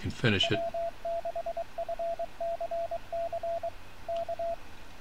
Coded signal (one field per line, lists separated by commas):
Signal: Morse code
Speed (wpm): 22 wpm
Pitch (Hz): 680 Hz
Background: speech, radio noise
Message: W6FCC K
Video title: CW with RS BA1 by W6FCC